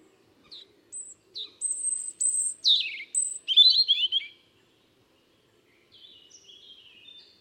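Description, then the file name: European robin song with thin high notes building into a rapid descending warble, then a soft twittering phrase after a short pause. "Erithacus rubecula"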